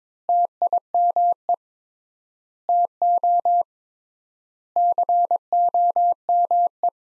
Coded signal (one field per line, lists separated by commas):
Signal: Morse code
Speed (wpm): 22 wpm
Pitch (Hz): 700 Hz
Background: none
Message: TIME TO COME